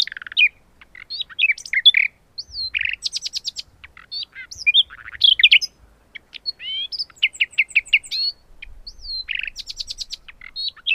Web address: agykontroll Madardalok Cd 2. Fülemüle